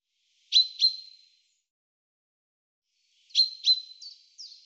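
Common chaffinch calls, paired sharp high chirps with trailing tails, a silent gap, then a further pair and two slurred notes.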